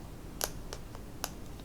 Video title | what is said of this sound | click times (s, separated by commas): Pasnew Lapgo PLG-1002D N5 Men's Fashion Watch Review | you have these notches, and you can hear that locks into place and it snaps. | 0.4 s, 1.2 s